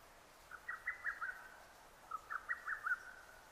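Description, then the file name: Lesser cuckoo singing two brisk phrases of five or six staccato whistled notes in quick succession. Recorded 6 June 2009. "hototogisu 20090606"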